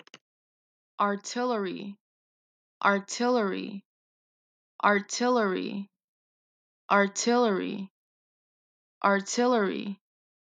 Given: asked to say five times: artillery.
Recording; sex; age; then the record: repeated word; female; 20 to 29 years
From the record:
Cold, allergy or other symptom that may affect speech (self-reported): no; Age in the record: 22 years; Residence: California, United States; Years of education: 16